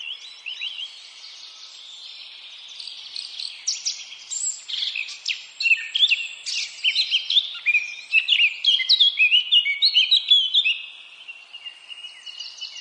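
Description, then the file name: Eurasian blackcap giving a quiet, scratchy warble that builds into a louder run of quick chattering notes, then fades back to soft twittering. "Sylvia atricapilla"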